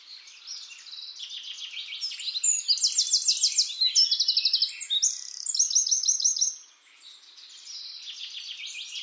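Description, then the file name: Eurasian wren in full song: fast metallic trills and chattering notes building loudly, then easing into softer high twittering near the end. "Troglodytes troglodytes"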